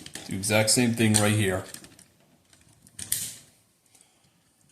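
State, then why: Seated. Someone talks, then the second arm of a plastic Transformers Movie the Best 10th Anniversary Leader Class Optimus Prime toy is straightened, angled upward and pushed into its shoulder socket, the same way as the first arm. A sharp, loud click at 3.1 s marks the arm seating into the shoulder, followed by faint small handling sounds.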